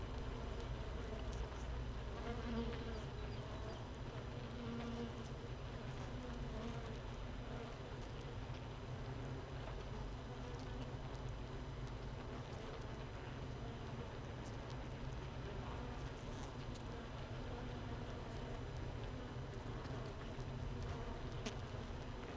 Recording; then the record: honeybee colony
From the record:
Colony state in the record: missing queen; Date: 31 May 2018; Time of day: 15:50